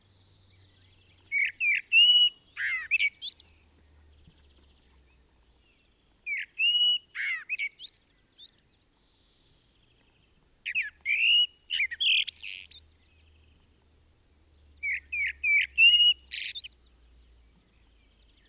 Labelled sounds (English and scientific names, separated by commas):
Common Blackbird (Turdus merula) song